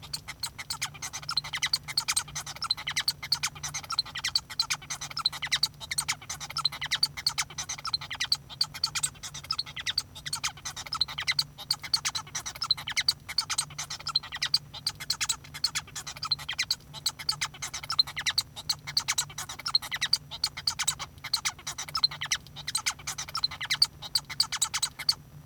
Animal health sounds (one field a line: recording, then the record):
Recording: song of a male Bengalese finch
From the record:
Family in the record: son of father 1